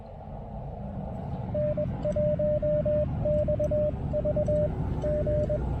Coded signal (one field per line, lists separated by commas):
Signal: Morse code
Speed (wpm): 22 wpm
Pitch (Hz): 600 Hz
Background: radio noise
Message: N1XV G